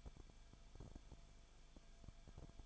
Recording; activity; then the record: daily activity, microphone in the room; no activity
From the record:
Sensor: 5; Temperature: 20.4 degrees Celsius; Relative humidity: 39.7%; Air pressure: 1010.8 hPa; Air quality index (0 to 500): 166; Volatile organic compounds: 15 ppm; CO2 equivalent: 2500 ppm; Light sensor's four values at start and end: 2/3/1/1 and 2/3/1/1